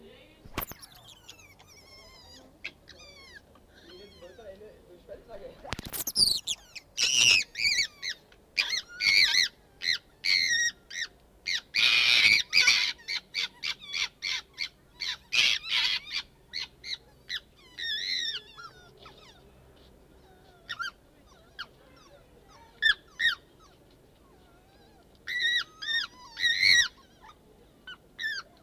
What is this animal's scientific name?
Vulpes corsac